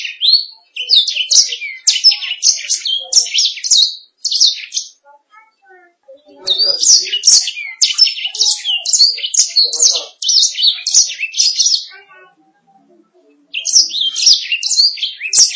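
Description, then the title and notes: Canary song in three bursts of rapid high chirps and trills separated by short pauses. "Suara Burung Kenari"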